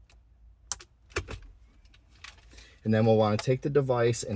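The remaining pair of plastic harness connectors, the 4D Tech eliminator harness connector and its mating factory connector, is plugged together on a 2025-2026 Hyundai Tucson Limited to permanently disable the Auto Start/Stop feature. A sharp click at 0.7 s marks the latch engaging, followed by a softer tap and light handling noise. The connectors are seated, and then someone talks.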